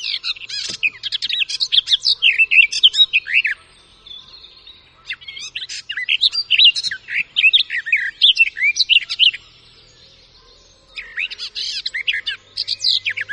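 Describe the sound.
Garden warbler singing sustained, hurried warbles of mixed sweet and harsh notes, three extended phrases broken by brief silences.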